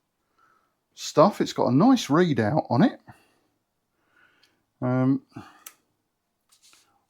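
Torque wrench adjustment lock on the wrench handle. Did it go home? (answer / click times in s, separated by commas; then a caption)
yes / 5.7 s. Someone talks while working the adjustment lock on the handle of a new digital torque wrench. A sharp click is heard at 5.7 s as the adjuster locks in place.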